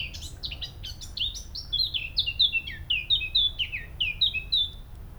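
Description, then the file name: Eurasian blackcap song: a scratchy, rapid warble opens, then clear fluty whistled phrases repeat rapidly to the end. "Sylvia atricapilla"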